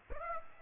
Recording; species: mosquito wingbeat signal from an infrared sensor; Aedes aegypti